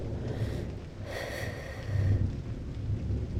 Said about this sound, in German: Schau nur, wie jetzt der Regen fällt.